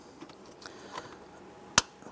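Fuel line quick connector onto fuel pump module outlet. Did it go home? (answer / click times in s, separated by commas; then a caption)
yes / 1.8 s. On a 2005–2010 Chrysler 300, the fuel line quick-connect fitting is lined up and pushed onto the outlet of the new fuel pump module on top of the fuel tank, with faint handling and scraping sounds before it. One sharp, loud click is heard at 1.8 s as the connector seats onto the pump module.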